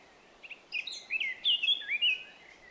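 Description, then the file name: Eurasian blackcap song: a short warbled phrase rising into loud, pure, fluty whistled notes that descend at the close. "Sylvia atricapilla"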